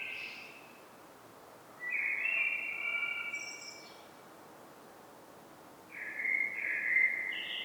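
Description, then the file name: Common blackbird song: a short fluty note, then a warbled phrase with a high squeaky ending, a pause, and another mellow phrase rising to a brief high note. "Turdus merula"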